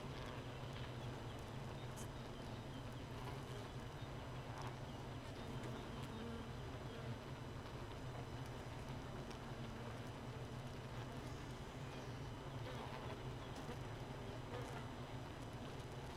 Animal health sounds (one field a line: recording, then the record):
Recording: honeybee colony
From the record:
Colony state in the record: missing queen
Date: 31 May 2018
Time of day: 4:51